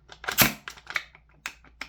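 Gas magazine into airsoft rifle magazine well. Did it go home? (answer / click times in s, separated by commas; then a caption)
yes / 1.5 s. A gas blowback airsoft magazine is rocked forward into the rifle's magazine well rather than pushed straight in, with a series of scraping and tapping contact sounds. It clicks into place at 1.5 seconds, seated so it will not come out, and a final sharp tap follows at 1.8 seconds.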